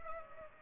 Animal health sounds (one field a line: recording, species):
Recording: mosquito wingbeat signal from an infrared sensor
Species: Culex pipiens